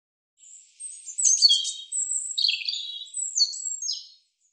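European robin song phrase: a high thin opening note, then tumbling sweet warbles and descending whistles, all very high-pitched, with silence around it.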